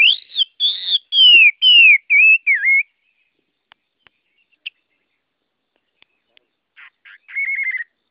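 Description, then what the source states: Chinese hwamei song opening with loud descending whistles, then near silence with faint clicks, and a short rapid trill near the end. Song in the style called "giọng rừng" (forest voice).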